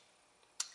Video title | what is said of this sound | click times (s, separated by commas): David Clark Grunt 3.5": A flipper with class and style | and it just pops right into place | 0.6 s